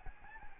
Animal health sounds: mosquito wingbeat signal from an infrared sensor; Aedes albopictus

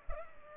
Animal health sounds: mosquito wingbeat signal from an infrared sensor; Culex pipiens

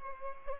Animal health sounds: mosquito wingbeat signal from an infrared sensor; Culex pipiens

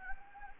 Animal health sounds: mosquito wingbeat signal from an infrared sensor; Anopheles gambiae

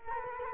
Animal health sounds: mosquito wingbeat signal from an infrared sensor; Culex quinquefasciatus

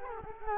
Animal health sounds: mosquito wingbeat signal from an infrared sensor; Culex quinquefasciatus

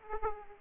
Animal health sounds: mosquito wingbeat signal from an infrared sensor; Aedes aegypti

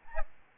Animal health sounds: mosquito wingbeat signal from an infrared sensor; Aedes albopictus

